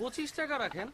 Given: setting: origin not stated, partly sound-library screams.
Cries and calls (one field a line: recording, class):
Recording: one-second piece from a danger detection set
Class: normal situation